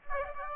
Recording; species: mosquito wingbeat signal from an infrared sensor; Aedes aegypti